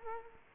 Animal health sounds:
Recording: mosquito wingbeat signal from an infrared sensor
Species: Culex quinquefasciatus

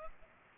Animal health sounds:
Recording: mosquito wingbeat signal from an infrared sensor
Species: Culex pipiens

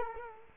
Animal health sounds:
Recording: mosquito wingbeat signal from an infrared sensor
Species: Culex quinquefasciatus

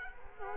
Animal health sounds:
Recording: mosquito wingbeat signal from an infrared sensor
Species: Culex quinquefasciatus

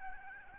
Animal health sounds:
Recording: mosquito wingbeat signal from an infrared sensor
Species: Aedes albopictus

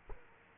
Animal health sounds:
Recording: mosquito wingbeat signal from an infrared sensor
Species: Culex quinquefasciatus

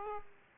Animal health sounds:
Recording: mosquito wingbeat signal from an infrared sensor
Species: Aedes aegypti

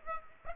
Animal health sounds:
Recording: mosquito wingbeat signal from an infrared sensor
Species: Aedes aegypti

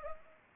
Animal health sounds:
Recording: mosquito wingbeat signal from an infrared sensor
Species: Anopheles gambiae

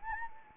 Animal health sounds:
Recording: mosquito wingbeat signal from an infrared sensor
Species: Anopheles arabiensis

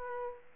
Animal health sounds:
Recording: mosquito wingbeat signal from an infrared sensor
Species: Aedes aegypti

